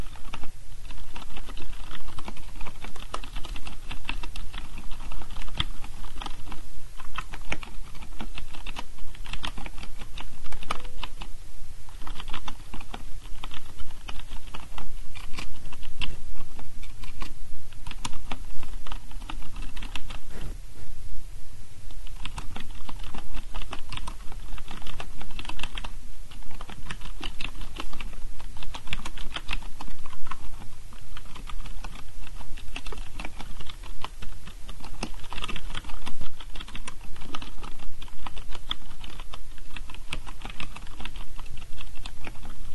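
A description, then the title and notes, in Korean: Steady, dense keyboard typing with quick, rhythmic clacking keystrokes, bright, with a brief lighter pause near twenty seconds. 키보드 소리. 시끄럽지 않고 정감이 갑니다. 타닥타닥, 키보듸의 정감있는 리듬감.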